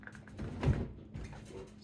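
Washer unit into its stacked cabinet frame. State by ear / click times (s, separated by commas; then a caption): seated / 0.1 s, 0.6 s. After its drain pump (4681EA2001T) is replaced, an LG washer unit is slid back into its place in a stacked washer-dryer frame, with a low rumbling slide and clicks at 0.1 s and 0.6 s. A louder thump comes around 0.6–0.7 s and a softer one near 1.2 s. The washer snaps in and locks in place.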